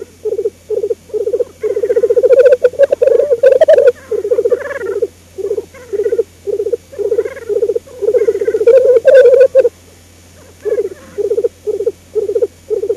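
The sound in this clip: Black grouse bubbling song, steady low pulsing coos rolling almost continuously in repeated phrases with brief pauses.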